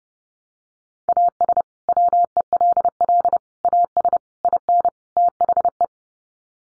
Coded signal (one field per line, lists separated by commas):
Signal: Morse code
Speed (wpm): 30 wpm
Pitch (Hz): 700 Hz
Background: none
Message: AS WELL AS IN THE